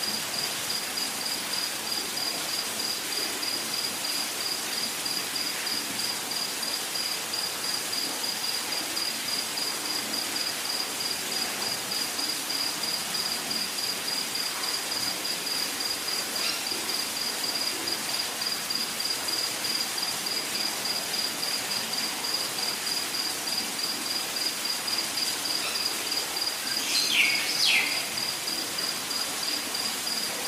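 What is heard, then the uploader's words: Rainforest ambience with a dense, unbroken hiss of insects and a steady high cricket-like whine running through the whole recording. The level stays even throughout. Near the end, around 27 seconds, two quick downward-sliding calls cut through, likely a bird. Soothing Sounds of the Rainforest.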